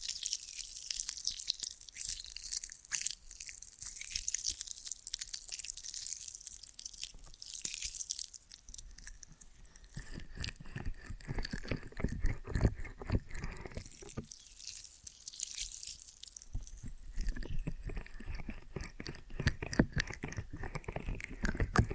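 Ear and scalp massage with dense, close-sounding crackly rubbing and scratching, bright and hissy early, then busier, thumping friction from around ten seconds.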